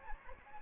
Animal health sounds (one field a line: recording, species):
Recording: mosquito wingbeat signal from an infrared sensor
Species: Anopheles gambiae